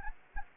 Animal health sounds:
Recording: mosquito wingbeat signal from an infrared sensor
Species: Anopheles gambiae

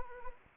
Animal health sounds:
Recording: mosquito wingbeat signal from an infrared sensor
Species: Anopheles arabiensis

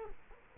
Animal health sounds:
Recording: mosquito wingbeat signal from an infrared sensor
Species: Culex quinquefasciatus

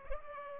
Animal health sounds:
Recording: mosquito wingbeat signal from an infrared sensor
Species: Culex pipiens

